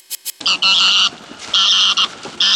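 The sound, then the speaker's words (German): An Egyptian goose honks loudly in three harsh, raspy, high-pitched bursts, preceded by two short sharp clicks, with brief pauses between the calls and no voices. “Gackt die Nilgans.”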